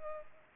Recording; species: mosquito wingbeat signal from an infrared sensor; Culex pipiens